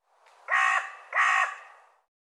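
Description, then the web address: Bird calls: two harsh, raspy notes, each about a third of a second long, separated by a short gap, with softer tails trailing off. "cianscape birddata Deverinetal"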